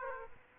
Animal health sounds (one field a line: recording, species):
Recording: mosquito wingbeat signal from an infrared sensor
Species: Aedes aegypti